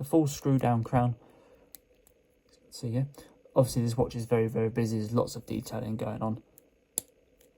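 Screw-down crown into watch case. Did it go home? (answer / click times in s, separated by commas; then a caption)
yes / 7.0 s. Someone talks while the screw-down crown of a metal Invicta Subaqua Noma III diver's chronograph watch is pushed or screwed back into its case, with a few faint ticks along the way. A sharp click at 7.0 s marks the crown seating in place, a touch that is liked.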